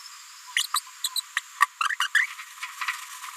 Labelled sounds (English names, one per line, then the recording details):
Green-rumped Parrotlet babbling
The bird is a female
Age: 30 days
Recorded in a nest box in Venezuela
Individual 17B73B2